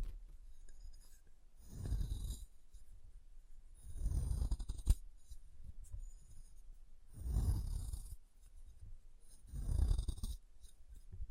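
Chalk being carved and cut, with slow scraping strokes that swell and fade roughly every two to three seconds, near 2, 4, 7.5 and 10 seconds. Each stroke has a low grinding rasp under a thin gritty hiss. A single sharp click lands near 5 seconds.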